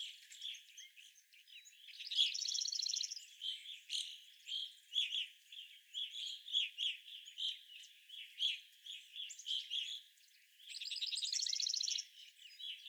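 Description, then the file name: Evening grosbeak chorus of steady chirping calls, joined twice by a longer buzzy, rattling trill. Several birds, recorded 25 April 2021. "2021-04-25 Evening Grosbeaks"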